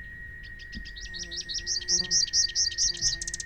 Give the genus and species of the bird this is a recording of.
Basileuterus rufifrons